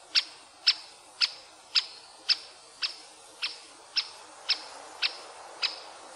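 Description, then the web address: Great spotted woodpecker giving sharp, high, clicking kik calls, each single note repeated about twice a second in a steady series over faint background hiss. "fuglelyder-1 flaggspett"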